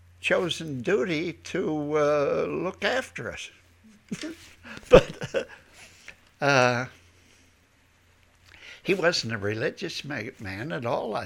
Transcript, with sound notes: chosen duty to look after us. ( he laughs ) Uh, he wasn't a religious man at all.